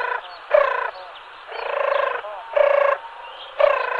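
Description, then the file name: Turtle dove purring, with low vibrating trills coming in uneven bursts, some short and some drawn out over half a second. "Turturduva"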